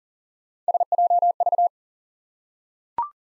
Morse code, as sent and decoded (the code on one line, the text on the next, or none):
... .--- ...-
SJV